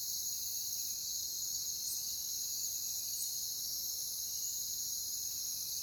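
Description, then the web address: Cricket: a steady chorus of crickets, high and ringing, holds one unchanging pitch from start to finish with a couple of brief clicks. "WLL Grade 1-12 Pre-Uni Library Natures Songs Sleep Sounds of Nature CRICKETS Crickets"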